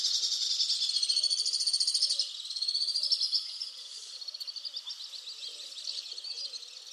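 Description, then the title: Alpine swift giving a steady, high pulsed trill that fades into softer chattering. "Le chant du martinet à ventre blanc"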